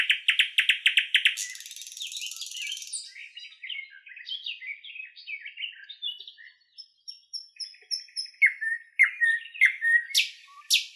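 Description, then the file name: Nightingale song: rapid loud repeated notes, a rasping buzzy passage, then varied warbling and whistled phrases with scattered sharp clicks. "solovey long"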